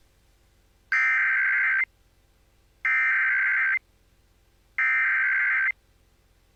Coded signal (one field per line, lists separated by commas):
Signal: Emergency Alert System (SAME) tones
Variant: header bursts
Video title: EAS Child Abduction Emergency (Levi's Call/AMBER Alert) Atlanta, Georgia Statewide Alert